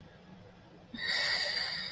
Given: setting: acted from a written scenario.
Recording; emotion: vocal sound without words; shame